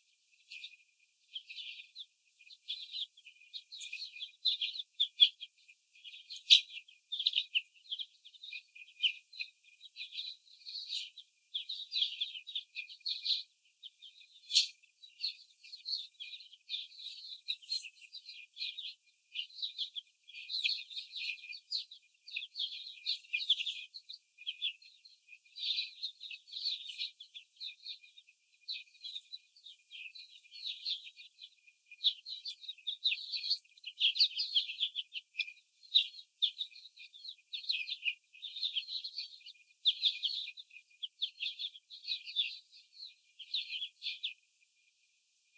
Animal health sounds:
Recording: young laying hens in a cage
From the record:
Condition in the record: after the stressor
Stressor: simulated dog barking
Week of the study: 4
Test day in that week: 3

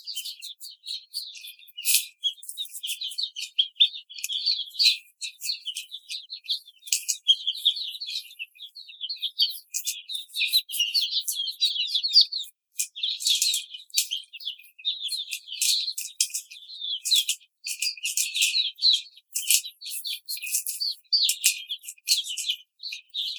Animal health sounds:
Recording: young laying hens in a cage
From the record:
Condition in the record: treatment cage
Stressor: simulated dog barking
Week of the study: 5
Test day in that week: 1

